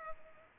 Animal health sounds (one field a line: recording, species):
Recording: mosquito wingbeat signal from an infrared sensor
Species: Culex pipiens